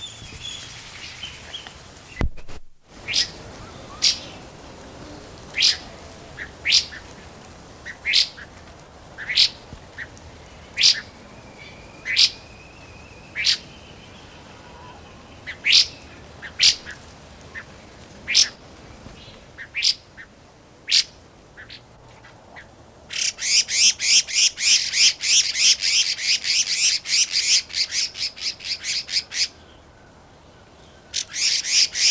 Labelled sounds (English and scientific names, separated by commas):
Red-faced Liocichla (Liocichla phoenicea) call